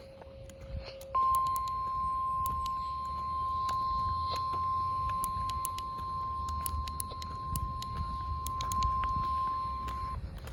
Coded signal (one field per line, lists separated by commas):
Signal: Emergency Alert System (SAME) tones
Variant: 1050 Hz attention tone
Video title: EAS 465 and 466 - SVR AND SMW